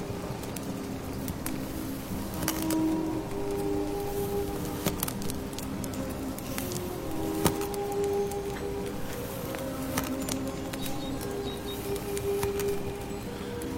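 A dense, steady bed of rustling rain fills the recording, with sharp crackles and pops from burning firewood scattered throughout, strongest near 2.5, 5, 7.5 and 10 seconds. Low bubbling of the soup and brief sustained tones, like faint birdsong, drift in and out.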